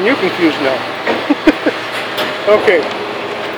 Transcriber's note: laughs mockingly